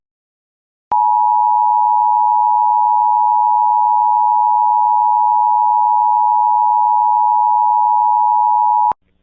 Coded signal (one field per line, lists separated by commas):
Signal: Emergency Alert System (SAME) tones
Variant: 853 and 960 Hz attention tone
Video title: (OLD) Local Area Emergency For Fauquier County, VA (9/21/24. EAS #62)